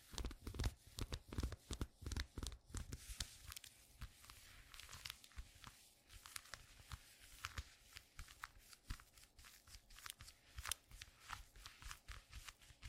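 Squeaky leather glove sounds: a dense run of short creaks, squeaks and crinkly rubs repeating rapidly for the whole thirteen seconds. The bursts are busiest and loudest in the first three seconds, thin out slightly in the middle, then pick up again near the end.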